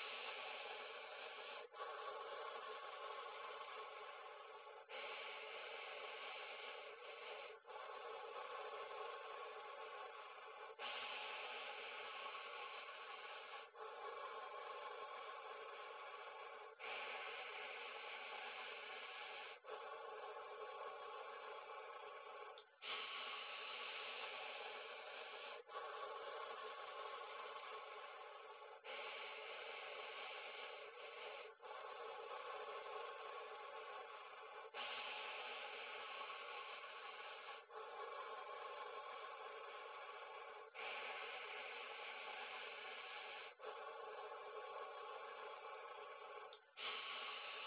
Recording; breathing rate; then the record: paced breathing near a phone; 10 breaths a minute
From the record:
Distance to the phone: 40 cm